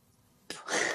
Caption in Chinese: 先用鼻子猛吸，把鼻涕吸到嗓子眼。 把喉咙深处积攒的痰用震耳欲聋的声音咳出来，再 呸的一声吐出去。 我没有痰。表演的不太像啊，也就是表演个流程。